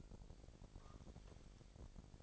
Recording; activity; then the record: daily activity, microphone in the room; take from stove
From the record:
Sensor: 5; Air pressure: 1012.1 hPa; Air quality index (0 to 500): 233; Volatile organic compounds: 4 ppm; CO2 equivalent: 1549 ppm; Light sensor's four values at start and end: 46/104/45/49 and 47/108/46/49